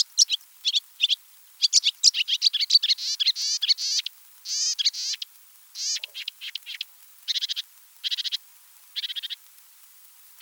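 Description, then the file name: Marsh Warbler song of rapid trills, harsh buzzy rattles and bright chirps, given in quick bursts separated by brief gaps. Recorded on 7 July 1984 in a marsh in France. "Rousserolle verderolle 19840707 marais-Frane"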